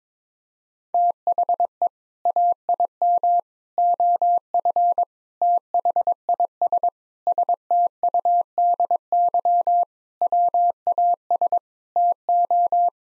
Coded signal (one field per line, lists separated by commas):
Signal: Morse code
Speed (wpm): 22 wpm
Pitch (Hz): 700 Hz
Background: none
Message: THE AIM OF THIS STUDY WAS TO